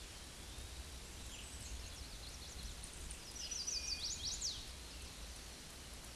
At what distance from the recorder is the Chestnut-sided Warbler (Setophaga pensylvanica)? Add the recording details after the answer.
about 35 m. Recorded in a Pennsylvania forest on 18 May 2023 at 07:57. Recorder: AudioMoth, point grid1_37_low. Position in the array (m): 105 m, 214 m